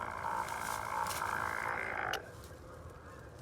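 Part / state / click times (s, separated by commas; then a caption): geocache container returning into its hidden housing / seated / 2.1 s. A geocache container travels back up into its hidden housing as the gadget mechanism is reversed, with a steady buzzing hum throughout. At 2.1 s it clicks into place, and the buzz drops to a quieter background, confirming the container is seated.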